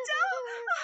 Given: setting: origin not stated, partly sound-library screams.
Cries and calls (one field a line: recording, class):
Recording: one-second piece from a danger detection set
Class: woman in danger